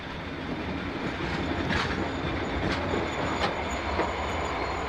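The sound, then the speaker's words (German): A train rumbles steadily along the rails as it pulls into Carlisle station at about 9 in the evening, with a dense, continuous roar and a few brief metallic squeals and clacks rising above it at irregular moments. No one speaks. “Planmäßig muss der Zug jetzt auf den Bahnhof von Carlisle einfahren.”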